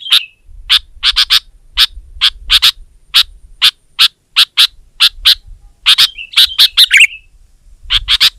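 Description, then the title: Sooty-headed bulbul giving crisp, sharp chip notes in quick pairs and triplets, broken by a couple of short slurred, wavering phrases. "kutilang"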